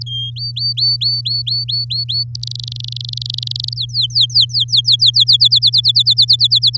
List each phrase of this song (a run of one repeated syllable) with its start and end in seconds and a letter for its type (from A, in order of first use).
0.06-0.30 A, 0.36-2.24 B, 2.35-3.73 C, 3.76-5.24 D, 5.27-6.77 E